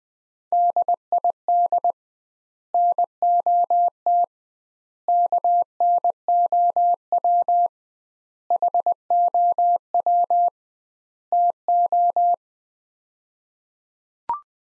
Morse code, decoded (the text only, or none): DID NOT KNOW HOW TO